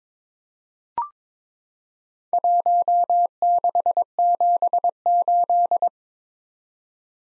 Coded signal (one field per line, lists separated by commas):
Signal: Morse code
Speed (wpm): 22 wpm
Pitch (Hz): 700 Hz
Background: none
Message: 1678